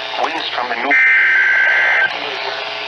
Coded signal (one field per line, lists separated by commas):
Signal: Emergency Alert System (SAME) tones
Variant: header bursts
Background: speech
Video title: New Stations Galore: West Coast Edition... EAS Alerts from 6/3/20-6/30/20 (EAS #324-334)